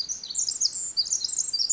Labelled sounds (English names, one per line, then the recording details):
Pacific Wren
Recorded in Sonoma County, California